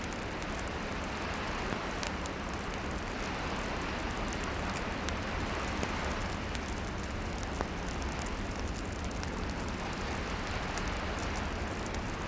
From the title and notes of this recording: Flickering Fire by Ocean Seaside (No Birds For Sleep). The ocean waves crash in the distance. The fire crackles and pops.